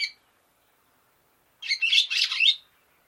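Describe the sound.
Barn swallow call: a single rasping, chattering burst of about one second after a short pause.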